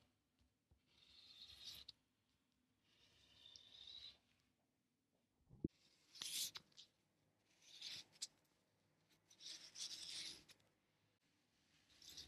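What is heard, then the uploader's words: Tailor's chalk scratches across waxed cotton in short rasping strokes, about one every two seconds, bright, with a sharp tap near six seconds. Scratching sound of tailor's chalk on waxed cotton fabric and tracing paper.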